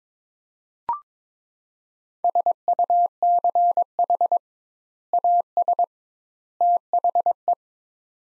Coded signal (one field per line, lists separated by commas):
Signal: Morse code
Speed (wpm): 22 wpm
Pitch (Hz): 700 Hz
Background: none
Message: SUCH AS THE